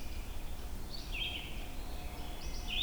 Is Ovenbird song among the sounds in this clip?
no